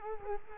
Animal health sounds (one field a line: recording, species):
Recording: mosquito wingbeat signal from an infrared sensor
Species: Culex quinquefasciatus